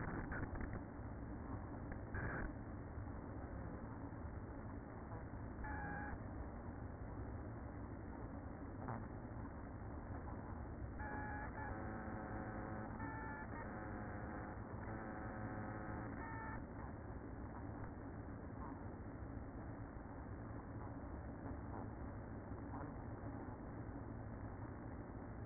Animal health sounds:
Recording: honeybee colony, microphone inside the hive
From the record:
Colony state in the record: queen present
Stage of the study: after two queens were removed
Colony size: about 60,000 bees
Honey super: yes

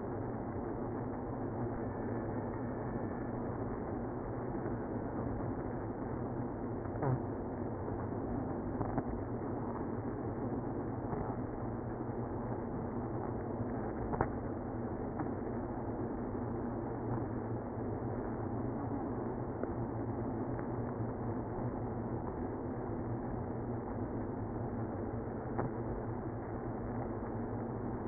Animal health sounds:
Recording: honeybee colony, microphone inside the hive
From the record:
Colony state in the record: queenless (queen removed)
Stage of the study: after two queens were removed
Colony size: about 60,000 bees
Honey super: yes

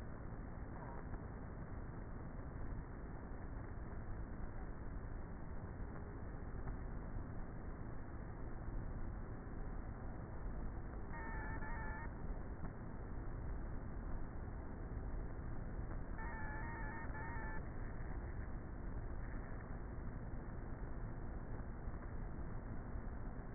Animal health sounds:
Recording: honeybee colony, microphone inside the hive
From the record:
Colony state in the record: queenless with a low population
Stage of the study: before two queens were removed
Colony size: about 30,000 bees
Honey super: no

